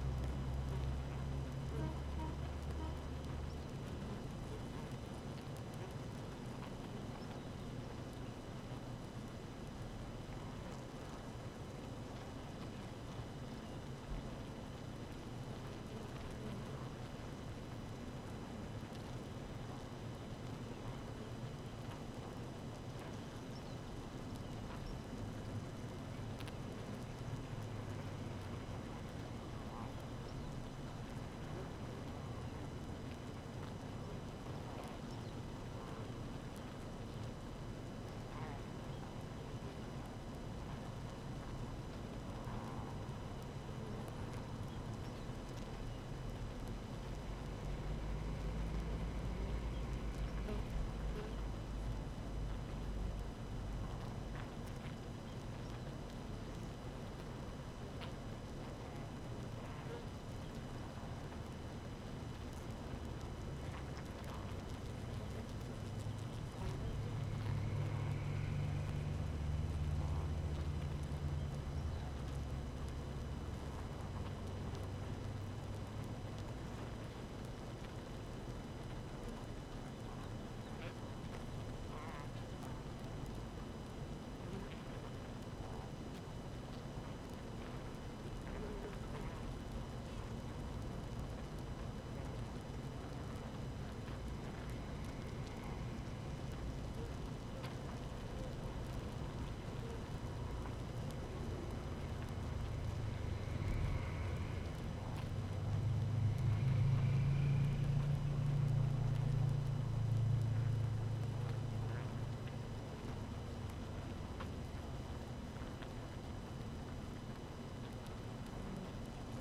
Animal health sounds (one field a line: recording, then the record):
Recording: honeybee colony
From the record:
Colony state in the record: active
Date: 12 June 2018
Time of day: 6:31